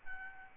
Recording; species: mosquito wingbeat signal from an infrared sensor; Aedes albopictus